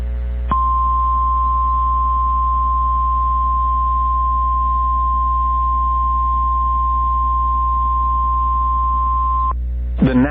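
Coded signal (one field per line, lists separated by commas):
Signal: Emergency Alert System (SAME) tones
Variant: 1050 Hz attention tone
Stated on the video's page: Valid EAS tones that can activate the emergency alert system.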